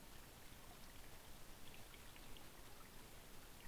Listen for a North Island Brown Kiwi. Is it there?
no